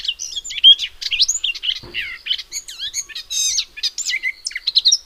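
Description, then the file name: Eurasian blackcap song: an unbroken, varied warble mixing quick trills and looping whistled notes, with a single soft click partway through. "Sylvia atricapilla"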